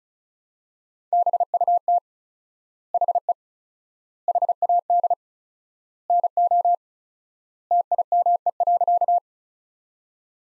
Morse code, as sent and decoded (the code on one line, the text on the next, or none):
-... ..- - / .... . / .... .- -.. / -. --- / - .. -- . .-.-.-
BUT HE HAD NO TIME.